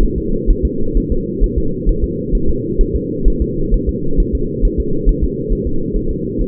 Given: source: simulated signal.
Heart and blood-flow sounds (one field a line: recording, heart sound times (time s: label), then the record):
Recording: fetal heart sounds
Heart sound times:
0.03 s: S1
0.18 s: S2
0.50 s: S1
0.65 s: S2
0.97 s: S1
1.12 s: S2
1.44 s: S1
1.58 s: S2
1.89 s: S1
2.04 s: S2
2.35 s: S1
2.50 s: S2
2.81 s: S1
2.96 s: S2
3.28 s: S1
3.42 s: S2
3.74 s: S1
3.89 s: S2
4.20 s: S1
4.35 s: S2
4.65 s: S1
4.80 s: S2
5.09 s: S1
5.24 s: S2
5.53 s: S1
5.67 s: S2
5.96 s: S1
6.11 s: S2
6.41 s: S1
From the record:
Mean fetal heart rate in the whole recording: 130 bpm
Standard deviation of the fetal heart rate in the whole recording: 4 bpm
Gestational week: 38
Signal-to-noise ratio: -8.1 dB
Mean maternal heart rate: 72 bpm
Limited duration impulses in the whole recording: absent